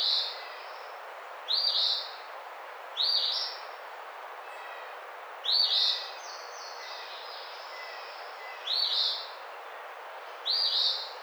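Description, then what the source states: Eastern phoebe repeating its husky two-part song six times with uneven gaps, faint twittering between the phrases. Recorded 28 April 2009.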